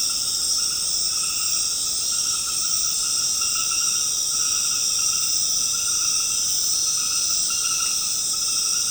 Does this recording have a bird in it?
no